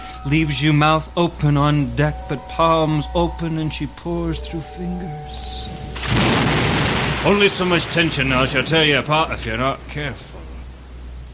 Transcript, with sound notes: leaves you mouth open on deck, but palms open and she pours through fingers. (thunder claps) "Only so much tension now, she'll tear you apart if you're not careful."